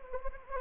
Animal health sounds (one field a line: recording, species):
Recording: mosquito wingbeat signal from an infrared sensor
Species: Anopheles gambiae